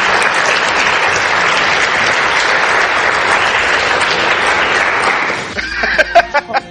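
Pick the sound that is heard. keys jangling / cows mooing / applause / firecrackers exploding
applause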